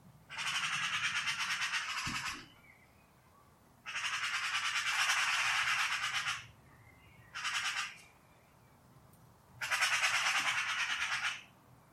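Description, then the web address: Eurasian magpie chattering in four harsh, fast-pulsed rattles, with a brief click and faint bird notes in the gaps. "cianscape birddata Deverinetal"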